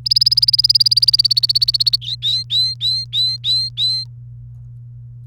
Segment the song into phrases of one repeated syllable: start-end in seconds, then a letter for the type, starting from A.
0.05-1.96 A, 2.01-4.04 B